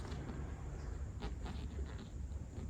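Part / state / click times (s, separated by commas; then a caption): motorcycle airbox clip on the airbox housing / not seated / none. On a Ducati Monster S2R 1000 motorcycle, an airbox is handled into place against the trellis frame with its hooked edge, and the retaining clip on the airbox housing has not yet clicked or seated. Soft rustling and a few faint knocks sit over a steady low rumble, with no sharp click.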